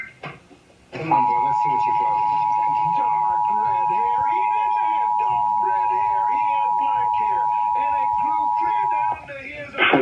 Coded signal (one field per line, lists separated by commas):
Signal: Emergency Alert System (SAME) tones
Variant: 853 and 960 Hz attention tone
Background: speech